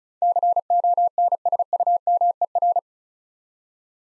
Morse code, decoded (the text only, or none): CONSUMER